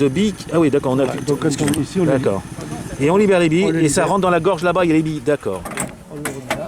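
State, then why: Seated. Someone talks while a metal quick-release steering wheel hub with a ball-detent system is pushed onto the steering column of an Austin Seven cyclekart; pressing the button frees the balls so they go into the groove. Two sharp clicks ring out at 6.3 s and 6.5 s as the hub clips in, and the steering wheel is seated on the column.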